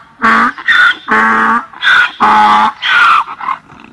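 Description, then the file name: Donkey braying in loud harmonic bursts, alternating low and higher-pitched tones in a rapid see-saw rhythm, with brief pauses between breaths. "Sonido de burro"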